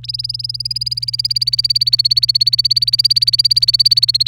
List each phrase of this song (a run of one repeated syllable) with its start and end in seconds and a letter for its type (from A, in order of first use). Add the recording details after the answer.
0.03-4.27 A. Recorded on 29 April 2018 at 07:11. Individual llb3